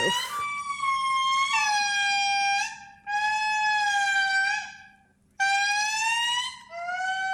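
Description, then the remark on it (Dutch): A lemur from Madagascar gives loud, wailing siren-like calls: long sustained howls that step down in pitch, repeated in several phrases separated by brief pauses. “Wat is dit? Dit is een lemuur uit Madagaskar.”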